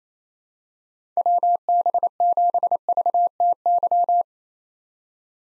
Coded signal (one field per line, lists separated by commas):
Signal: Morse code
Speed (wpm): 29 wpm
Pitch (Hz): 700 Hz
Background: none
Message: WB7VTY